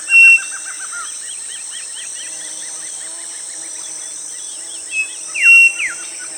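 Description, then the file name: Birds calling: a quick pulsed series of notes early, scattered looping chirps, then a clear whistle and falling slurs near the end, against a steady high hum. "SABIOD 50 bird 2015"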